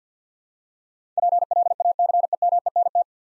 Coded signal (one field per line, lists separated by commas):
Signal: Morse code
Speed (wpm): 53 wpm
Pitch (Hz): 700 Hz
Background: none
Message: PLACEMENT